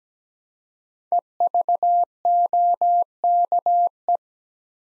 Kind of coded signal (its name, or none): Morse code